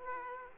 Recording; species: mosquito wingbeat signal from an infrared sensor; Aedes aegypti